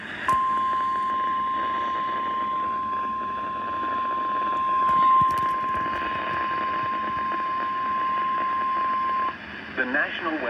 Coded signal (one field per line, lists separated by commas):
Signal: Emergency Alert System (SAME) tones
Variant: 1050 Hz attention tone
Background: speech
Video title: EAs Severe Thunderstorm warning